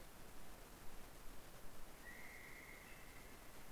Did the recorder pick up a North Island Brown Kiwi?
no